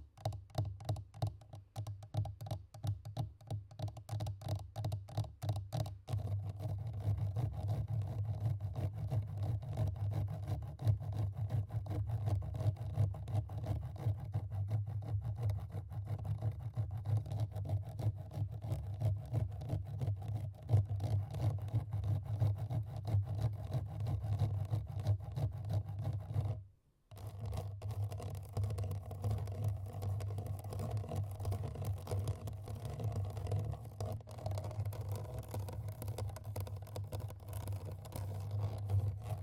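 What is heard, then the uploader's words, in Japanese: Fast, aggressive tapping and scratching on a microphone, a dense stream of quick, evenly spaced hits for the first few seconds before blurring into continuous rough scraping. A low, steady, heavy hum underlies everything, with a brief dropout to silence near 27 seconds. MIC scratch/tapping FAST&AGGRESSIVE。マイクのタッピングとスクラッチング・はやくてアグレッシブ。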